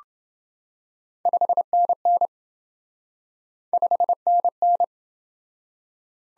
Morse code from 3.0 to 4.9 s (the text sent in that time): 5NN